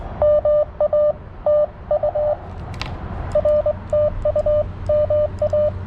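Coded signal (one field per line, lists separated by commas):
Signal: Morse code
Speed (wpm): 23 wpm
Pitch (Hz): 600 Hz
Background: radio noise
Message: MA TU RTU MA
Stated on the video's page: CW Parks On The Air activation on 40m using a TX-500 with a WRC antenna and BaMaTech TP-III key.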